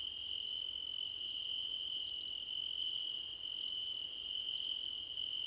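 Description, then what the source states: Crickets singing together: an unbroken shrill trill with brief higher chirp phrases popping in about once a second. Several crickets singing together in a chorus, described as a choir competition.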